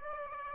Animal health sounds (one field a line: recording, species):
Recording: mosquito wingbeat signal from an infrared sensor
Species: Aedes aegypti